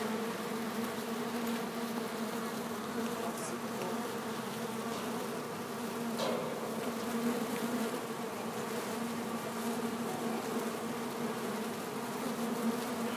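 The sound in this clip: Bees give a continuous droning buzz, even and low, swelling slightly at times, with a faint tap near the middle.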